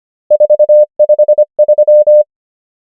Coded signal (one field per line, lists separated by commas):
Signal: Morse code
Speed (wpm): 25 wpm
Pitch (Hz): 600 Hz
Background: none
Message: 4 5 3